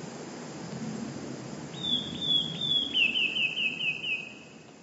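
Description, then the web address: Eurasian blue tit singing after a quiet start: high thin opening notes that run into a quick, evenly repeated trill, with soft low background noise throughout. "wroblowe teka spiew modraszkoteka"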